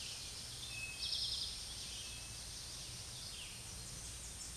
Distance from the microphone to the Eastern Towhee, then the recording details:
about 35 m. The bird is about 5 m above the microphone. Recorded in a Pennsylvania forest on 16 May 2024 at 06:09. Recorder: AudioMoth, point MSD-2083. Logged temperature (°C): 16.7 °C. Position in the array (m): 107 m, 9 m